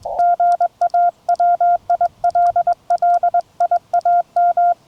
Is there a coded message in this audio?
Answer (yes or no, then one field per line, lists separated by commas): yes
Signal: Morse code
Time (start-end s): 0.2-4.7 s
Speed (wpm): 21 wpm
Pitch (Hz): 690 Hz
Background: none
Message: GA WILLIAM